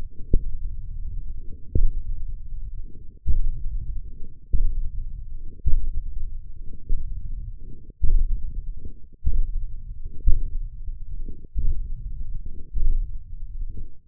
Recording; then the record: forearm muscle sounds (acoustic myography)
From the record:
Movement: hand opening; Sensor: system 1, eight BSWA MPA416 microphones around the upper forearm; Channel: 3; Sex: male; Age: 20 years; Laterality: left